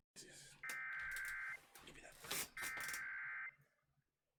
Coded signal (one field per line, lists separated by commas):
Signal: Emergency Alert System (SAME) tones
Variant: header bursts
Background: speech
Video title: Chaotic Hellstorm II Slight Risk Day| EAS Alerts From 11/10/2020 (EAS #101-121)